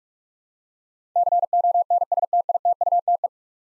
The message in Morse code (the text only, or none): CONSTITUTE